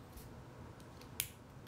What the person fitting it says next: oh it snaps in place